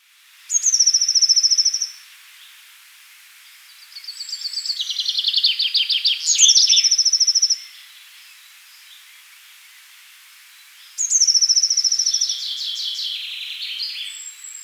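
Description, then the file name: Eurasian blue tit calls: thin high notes three times, with two buzzy scolding churrs that drop in pitch and quiet gaps between. "Cyanistes caeruleus"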